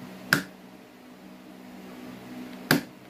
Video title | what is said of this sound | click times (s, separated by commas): Mercedes Benz, Getriebeschaden? | lasen eingerastet jetzt | 0.3 s, 2.7 s